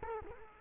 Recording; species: mosquito wingbeat signal from an infrared sensor; Culex quinquefasciatus